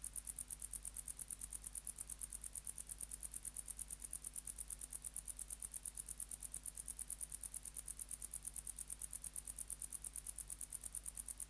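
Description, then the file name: Wart-biter song: an even, fast series of thin high clicks, continuing without a break. "Decticus verrucivorus"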